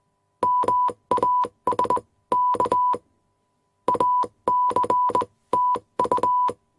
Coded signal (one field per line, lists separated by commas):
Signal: Morse code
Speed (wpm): 20 wpm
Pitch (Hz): 990 Hz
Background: none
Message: MASK ACTU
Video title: Morse code noises and Morse Code Machine sound effect without copyright